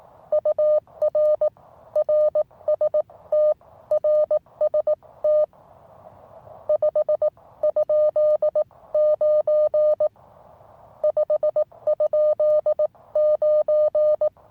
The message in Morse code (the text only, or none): UR RST RST 5?9 5?9